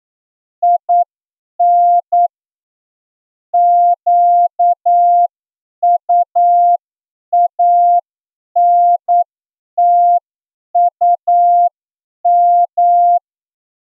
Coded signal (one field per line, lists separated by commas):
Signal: Morse code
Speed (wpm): 9 wpm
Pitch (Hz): 700 Hz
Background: none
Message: IN QUANTUM